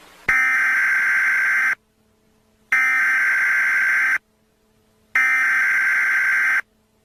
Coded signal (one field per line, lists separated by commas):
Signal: Emergency Alert System (SAME) tones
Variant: header bursts